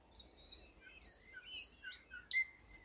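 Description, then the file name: Thrush nightingale calls: three loud, sharp high notes mixed with softer whistled phrases. "thrush nightingale - luscinia luscinia"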